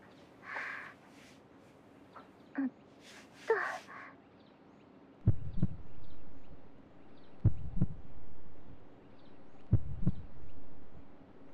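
After some soft rustling and handling noises, deep muffled paired thumps come through a stethoscope placed under an adult nurse's clothing, over her own heart. The 'lub-dub' pairs repeat regularly about every two seconds, a slow, steady rhythm of normal heart sounds.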